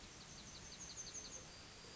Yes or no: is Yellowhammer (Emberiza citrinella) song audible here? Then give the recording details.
yes. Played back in forest. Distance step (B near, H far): F. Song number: 002